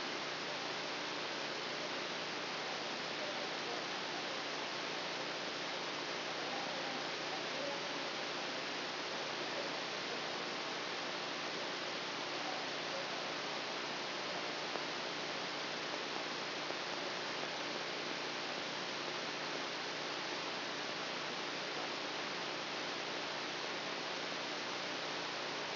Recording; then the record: brain microelectrode recording played as sound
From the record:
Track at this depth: outside the subthalamic nucleus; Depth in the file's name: 5.505 mm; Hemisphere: left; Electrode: 2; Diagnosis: Parkinson's disease